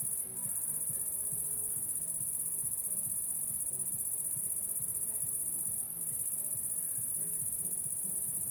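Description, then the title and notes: Cricket's high, ringing trill continuing throughout with two short breaks, over a low rumbling background. Recorded at La Sablière, Saint-Privat-de-Champclos, France, with a Zoom H6 and M/S microphone. "Saint-Privat-de-Champclos, France - cricket la sabliére. cricket la sabliére Captation : ZOOMH6 + M/S Microphone"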